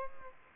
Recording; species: mosquito wingbeat signal from an infrared sensor; Aedes aegypti